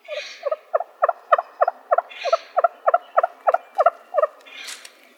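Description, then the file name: Wild turkey gobbling loudly in one long rapid rattle of about fourteen throaty notes, with a couple of hoarse calls overlapping. Arizona, recorded 17 May 2007. "W TURKEY deviche"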